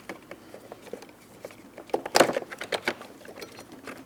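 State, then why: Not seated. A master power window switch for a 2004-2008 Pontiac Grand Prix is handled and lined up, its locking tabs aligned with the plastic door switch bezel in the armrest. Faint scattered taps and rustles are heard, with sharper plastic clatter around 2.2 s and again near 2.7 to 2.9 s. Nothing has seated or clicked yet.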